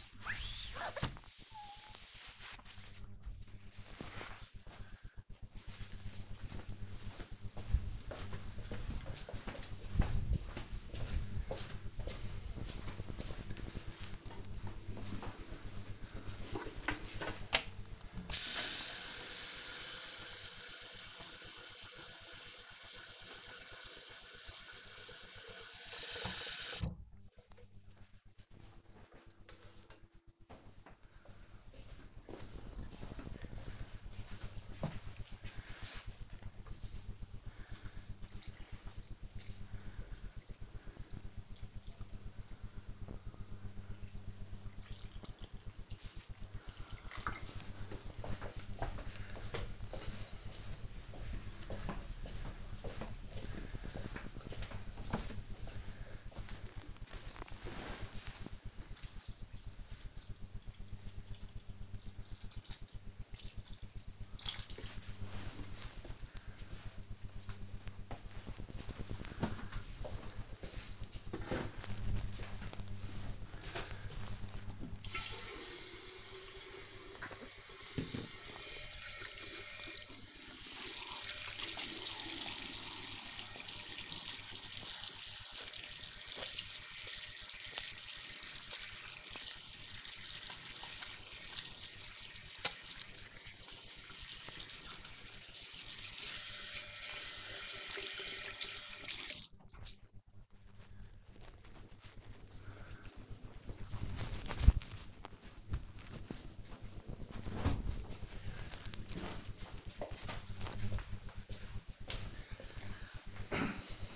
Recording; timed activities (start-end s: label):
household activities, microphone on the right wrist
0.00-2.94 s: window cleaning
18.06-65.29 s: watering plant
75.35-99.53 s: washing hands